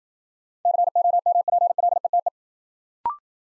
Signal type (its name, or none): Morse code